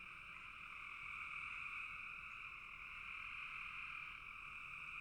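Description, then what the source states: Frogs in a dense chorus, blending into a continuous two-banded trill that rises a little in loudness early on. Frogs calling in a bog.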